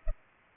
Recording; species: mosquito wingbeat signal from an infrared sensor; Culex pipiens